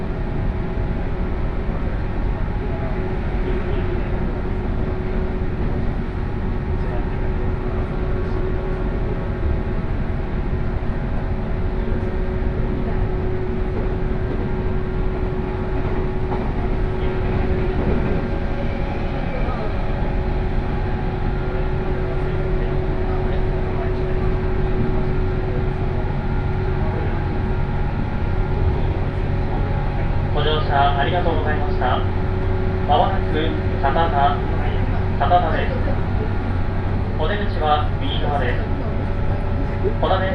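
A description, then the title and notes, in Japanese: A 117-series local train on the Kosei Line runs from Kyoto toward Ono, its low rumble steady and loud throughout, with a few sustained humming tones riding on top. From about thirty seconds, wavering high squeals rise and fall in short bursts. 湖西線普通 京都→小野 117系。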